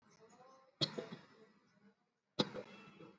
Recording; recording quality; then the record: heavy voluntary cough; moderate, slight background noise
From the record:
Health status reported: exposed to COVID-19, no respiratory illness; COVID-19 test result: not tested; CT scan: not taken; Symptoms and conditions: cough, cold, fever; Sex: female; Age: 55 years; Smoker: no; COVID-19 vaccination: both doses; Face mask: worn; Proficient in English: yes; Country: India